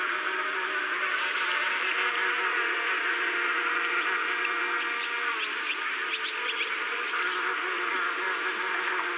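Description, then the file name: Insects humming in a continuous chorus-like buzz of stacked tones, steady and unvarying, with a few faint high clicks near the middle. "Locals Insects"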